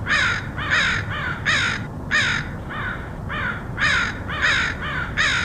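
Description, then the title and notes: Crow cawing, rough repeated caws in quick pairs and runs, other crows answering more softly, low hum behind. Crows recorded in Portland, Oregon, in August 2003. "Crows of Portland. Crows recorded by Dan Bodah in Portland, OR, August 2003"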